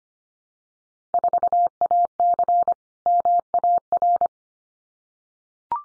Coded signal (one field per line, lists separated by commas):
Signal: Morse code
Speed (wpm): 25 wpm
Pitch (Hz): 700 Hz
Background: none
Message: 4AC MAR